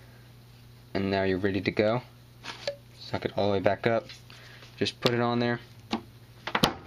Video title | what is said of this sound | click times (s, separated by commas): Hand Injecting Big Boy Baits- Dual Color Punch Buggy | press it and it pops right in okay | 6.6 s